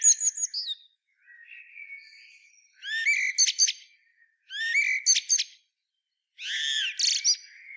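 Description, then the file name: Common blackbird with high, scratchy twittering phrases: a thin opening trill, then three rapid squeaky bursts about every two seconds. "Turdus merula"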